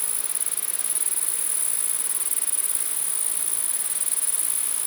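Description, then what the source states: Grasshopper chorus, a steady high sizzling buzz with rapid flutter in loudness, above a quiet rushing background. Several grasshoppers recorded in windy conditions.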